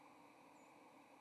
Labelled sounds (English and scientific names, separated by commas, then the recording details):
White-throated Sparrow (Zonotrichia albicollis) flight call
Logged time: 07:43 on 30 October 2014